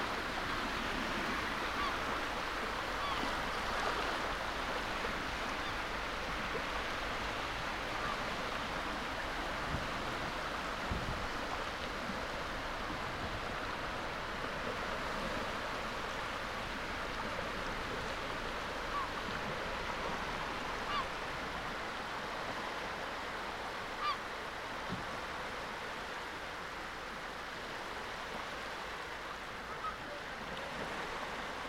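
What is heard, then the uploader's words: Coastal sound at Nothe Fort on England's Jurassic coast: a steady, dense wash of surf holds level for the whole half minute, strongest in the middle and upper range. Faint thumps and short knocks surface now and then, around ten, fifteen and twenty-five seconds. Nothe Fort on the Jurassic coast of England.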